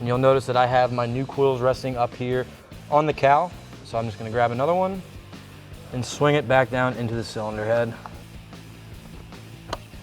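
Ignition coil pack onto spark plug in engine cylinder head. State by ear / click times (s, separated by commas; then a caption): seated / 9.7 s. A new Performance Distributors S.O.S. ignition coil pack for a 2011-2016 F150 3.5L EcoBoost is taken from where it rests on the hood and pushed down through the cylinder head onto the spark plug. Someone talks over background music, then quieter handling sounds lead to a sharp click at 9.7 s as the coil seats on the plug.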